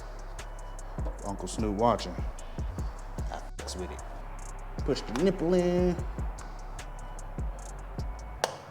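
A small tab is pushed in on the plastic wiring-harness connector of a Z900 motorcycle ECU to unlock it during ECU removal. Someone talks over background music, and a sharp click sounds at 8.4 s as the connector lock tab clicks open, releasing it.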